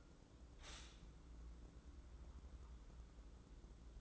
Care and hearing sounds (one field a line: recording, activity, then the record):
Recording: daily activity, microphone in the room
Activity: stop toaster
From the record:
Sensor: 3